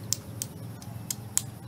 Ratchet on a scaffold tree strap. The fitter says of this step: clicks really aren't that loud you can do two clicks then